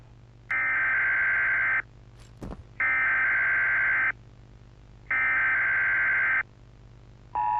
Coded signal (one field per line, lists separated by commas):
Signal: Emergency Alert System (SAME) tones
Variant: header bursts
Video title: Poppy playtime chapter 3. An EAS scenario VHS￼